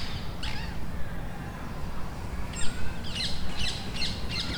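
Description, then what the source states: Rose-ringed parakeet screeches, one harsh call early, then a quick run of four or five rasping notes near the end, above a low background rumble. Ring-necked parakeets agitated at the foot of Parc des Beaumonts, Montreuil near Paris, France; recorded with a DR-40X.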